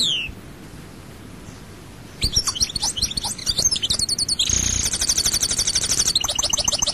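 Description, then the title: European goldfinch: a brief slurred note, a quiet pause of about two seconds, then rapid twittering notes and a long buzzy trill. "Chant Chardonneret"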